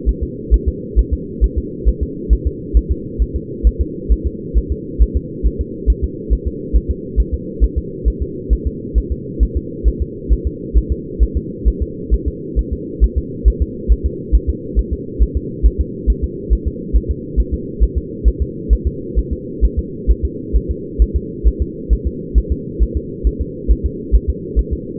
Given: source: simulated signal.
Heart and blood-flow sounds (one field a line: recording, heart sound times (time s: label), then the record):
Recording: fetal heart sounds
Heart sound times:
0.09 s: S1
0.23 s: S2
0.54 s: S1
0.68 s: S2
0.99 s: S1
1.13 s: S2
1.44 s: S1
1.58 s: S2
1.88 s: S1
2.03 s: S2
2.33 s: S1
2.47 s: S2
2.77 s: S1
2.91 s: S2
3.22 s: S1
3.36 s: S2
3.67 s: S1
3.81 s: S2
4.12 s: S1
4.27 s: S2
4.57 s: S1
4.72 s: S2
5.02 s: S1
5.17 s: S2
5.46 s: S1
5.61 s: S2
5.90 s: S1
6.04 s: S2
6.33 s: S1
6.47 s: S2
6.76 s: S1
6.91 s: S2
7.20 s: S1
7.34 s: S2
7.64 s: S1
7.78 s: S2
8.08 s: S1
8.22 s: S2
8.53 s: S1
8.67 s: S2
8.98 s: S1
9.12 s: S2
9.43 s: S1
9.57 s: S2
9.88 s: S1
10.02 s: S2
10.32 s: S1
10.47 s: S2
10.78 s: S1
10.92 s: S2
11.23 s: S1
11.37 s: S2
11.68 s: S1
11.82 s: S2
12.14 s: S1
12.28 s: S2
12.59 s: S1
12.73 s: S2
13.04 s: S1
13.18 s: S2
13.48 s: S1
13.62 s: S2
13.92 s: S1
14.06 s: S2
14.35 s: S1
14.50 s: S2
14.79 s: S1
14.93 s: S2
15.22 s: S1
15.37 s: S2
15.66 s: S1
15.81 s: S2
16.10 s: S1
16.24 s: S2
16.53 s: S1
16.68 s: S2
16.96 s: S1
17.11 s: S2
17.40 s: S1
17.54 s: S2
17.83 s: S1
17.98 s: S2
18.28 s: S1
18.42 s: S2
18.73 s: S1
18.87 s: S2
19.19 s: S1
19.33 s: S2
19.65 s: S1
19.79 s: S2
20.10 s: S1
20.25 s: S2
20.56 s: S1
20.71 s: S2
21.02 s: S1
21.16 s: S2
21.47 s: S1
21.62 s: S2
21.93 s: S1
22.07 s: S2
22.38 s: S1
22.52 s: S2
22.82 s: S1
22.97 s: S2
23.27 s: S1
23.41 s: S2
23.71 s: S1
23.86 s: S2
24.15 s: S1
24.30 s: S2
24.59 s: S1
24.73 s: S2
From the record:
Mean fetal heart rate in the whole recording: 135 bpm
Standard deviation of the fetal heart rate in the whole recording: 3 bpm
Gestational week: 34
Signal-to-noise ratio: -4.1 dB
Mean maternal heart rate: no maternal heart sound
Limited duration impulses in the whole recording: absent